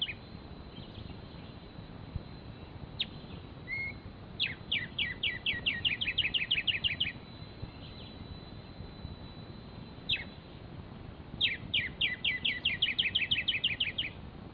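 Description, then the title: Black-striped sparrow giving two rapid runs of sharp downslurred notes that quicken toward the end. Scattered single notes and a brief whistle come before and between the runs. Nominate subspecies conirostris. "LuckyPassaro Completos2Sama. Black-striped Sparrow (Arremonops conirostris conirostris)"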